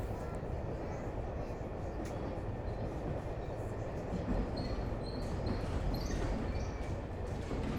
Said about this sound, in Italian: Finalmente il treno rallenta, forse siamo arrivati. La frenata del treno è brusca ed alcune persone mi colpiscono, rischio di perdere l'equilibrio